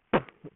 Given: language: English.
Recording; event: throat vibration sensor signal played as sound; cough